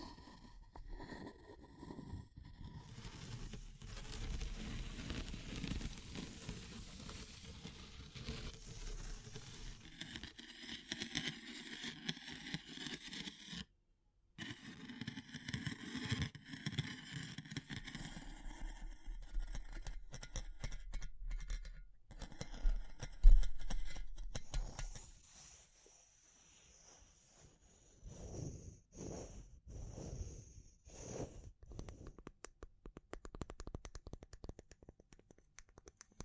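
Wood, bamboo and straw are handled, giving dry scraping, rustling and crackly tapping that shifts in texture from moment to moment. A brief silence falls near fourteen seconds, a louder knock comes around twenty-three, and the last stretch turns quieter with sparse clicks.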